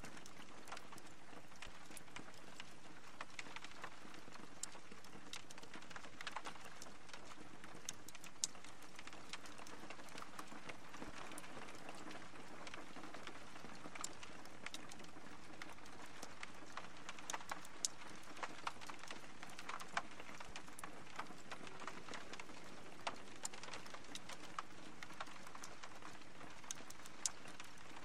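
Soft rain patters steadily against a window, dense and even, with scattered sharper drops ticking through and a low, continuous rumble underneath.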